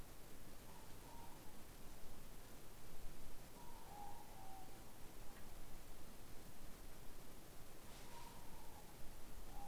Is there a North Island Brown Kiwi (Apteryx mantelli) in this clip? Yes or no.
no